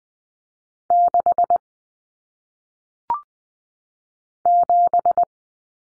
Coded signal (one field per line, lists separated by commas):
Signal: Morse code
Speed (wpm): 20 wpm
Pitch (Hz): 700 Hz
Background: none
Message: 6 7